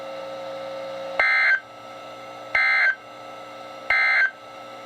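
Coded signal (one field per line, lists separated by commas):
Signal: Emergency Alert System (SAME) tones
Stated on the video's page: NOAA weather radio alerts received from KHB36 and WXM57; WXM57 arrives at night on 162.400, the same frequency as KEC83.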